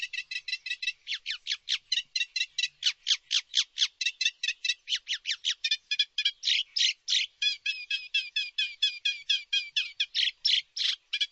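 Bird calls: a long, fast series of high, sharp chirps, some dipping downward, without pause.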